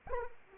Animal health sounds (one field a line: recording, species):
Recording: mosquito wingbeat signal from an infrared sensor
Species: Anopheles arabiensis